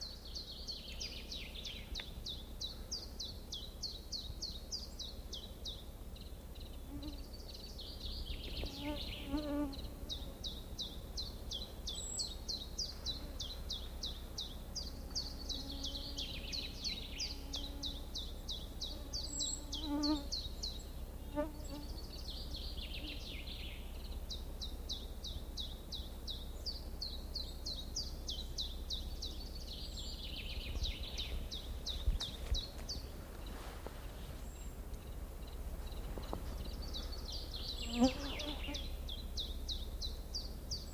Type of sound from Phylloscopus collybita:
song